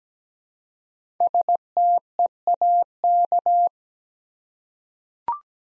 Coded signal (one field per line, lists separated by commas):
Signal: Morse code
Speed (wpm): 17 wpm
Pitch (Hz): 700 Hz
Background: none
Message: STEAK